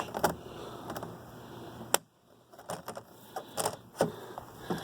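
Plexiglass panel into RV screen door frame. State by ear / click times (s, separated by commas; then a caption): seated / 1.9 s. A cut plexiglass sheet is pushed by hand, bottom edge first, into the lower frame of an RV screen door so that scratching dogs hit the plexiglass instead of the screen. Soft rattling and handling sounds come before and after a single sharp snap at 1.9 s. The panel pops into place and is seated.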